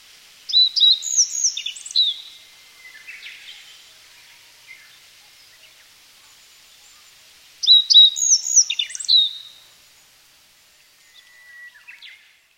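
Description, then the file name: Japanese yellow bunting singing two similar phrases about seven seconds apart, each a quick run of high whistled notes and short trills followed by fainter lower notes. "nojiko"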